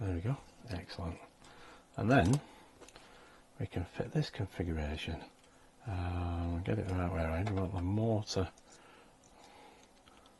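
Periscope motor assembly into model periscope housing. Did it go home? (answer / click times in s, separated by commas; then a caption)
no / none. Someone talks while lining up the plastic periscope motor assembly for a Hachette U 96 U-boat model (Pack 19, Kits 75 and 76), setting the motor on one side just before lowering it into the model periscope housing. Only light handling noises and a few faint ticks are heard. Nothing has seated or clicked into place yet.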